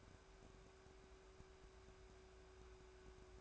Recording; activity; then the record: daily activity, microphone in the room; take from stove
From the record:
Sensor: 2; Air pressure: 1010.1 hPa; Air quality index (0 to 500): 161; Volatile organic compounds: 7 ppm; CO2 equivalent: 2016 ppm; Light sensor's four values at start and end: 42/101/45/51 and 42/101/45/51